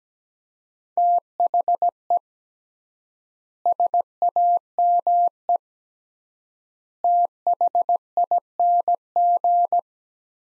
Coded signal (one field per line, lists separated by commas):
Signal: Morse code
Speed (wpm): 17 wpm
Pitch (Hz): 700 Hz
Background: none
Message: THE SAME THING